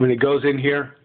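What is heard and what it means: A knife with a copper bolster and wood handle is being handled at the opening of its leather sheath, which has a wood insert, while someone talks. Only speech is heard, and nothing has seated or clicked yet.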